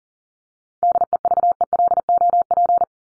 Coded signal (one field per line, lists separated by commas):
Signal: Morse code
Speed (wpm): 40 wpm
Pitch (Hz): 700 Hz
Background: none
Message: DEVELOP